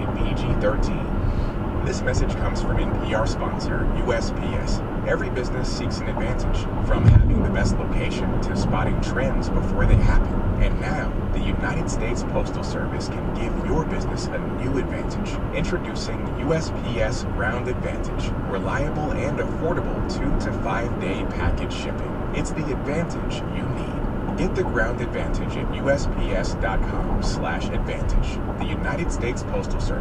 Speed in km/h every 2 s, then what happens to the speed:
90, 92, 90, 89, 89, 87, 89, 89, 89, 89, 89, 87, 82, 82, 82.
0-20 steady at about 89. 20-30 slows to 82.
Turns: none.